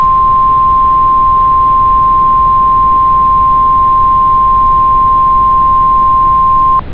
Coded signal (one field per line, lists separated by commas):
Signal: Emergency Alert System (SAME) tones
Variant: 1050 Hz attention tone